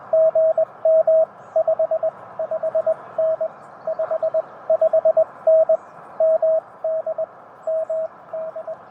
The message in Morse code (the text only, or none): GM 55N 55N MD MD